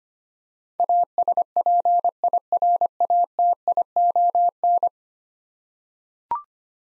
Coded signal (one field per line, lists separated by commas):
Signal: Morse code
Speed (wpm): 25 wpm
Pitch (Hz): 700 Hz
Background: none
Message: ASPIRATION